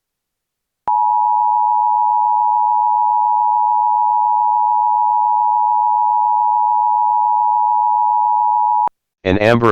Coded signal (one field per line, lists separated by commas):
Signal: Emergency Alert System (SAME) tones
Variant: 853 and 960 Hz attention tone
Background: speech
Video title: EAS Child Abduction Emergency (AMBER Alert) Los Angeles, California (New Years Eve)